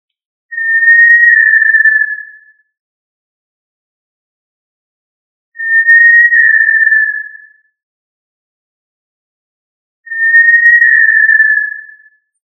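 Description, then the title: Tinamou whistling: three long, pure, steady whistles, each about two seconds and sliding slightly lower at the end, spaced roughly five seconds apart in silence. "Familia Tinamidae - Quail - Puyuh"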